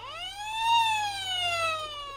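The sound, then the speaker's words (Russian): A loud alarm siren from Koshkin's alarm system wails with a single tone that rises, then slowly falls over about two seconds, rich in harmonics, with no voices over it. “Если бы вы, Кошкин, знали, до чего вы нам с вашей сигнализацией надоели, чтоб была тишина и порядочек.”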